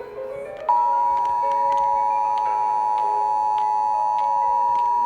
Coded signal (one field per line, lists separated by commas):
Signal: Emergency Alert System (SAME) tones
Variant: 853 and 960 Hz attention tone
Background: music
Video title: Required weekly test and National emergency alert test